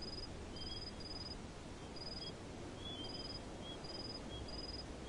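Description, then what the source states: Cricket chirps come in short pulsed bursts with uneven gaps, joined by occasional lower chirps from a second insect, over soft broad background noise. Several crickets, recorded in the desert.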